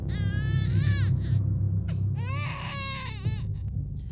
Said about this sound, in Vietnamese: Có lẽ là bị kiến lửa nó đốt hay sao ấy, mà đứa bé con ấy khóc lên choe choé, chính là tiếng khóc lúc nãy nó đã nghe được.